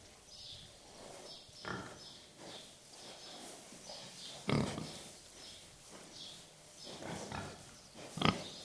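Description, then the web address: Pig grunts and snuffles, sparse and irregular, with a couple of sharp louder sounds. Pigs in a shed. "BBC Pigs. pigs in shed with distant birds"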